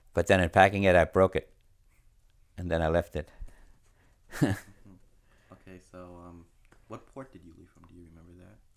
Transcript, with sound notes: But then in packing it, I broke it. And then I left (he laughs)
What port did you leave from? Do you remember that?